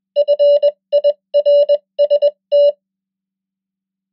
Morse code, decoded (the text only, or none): FIRST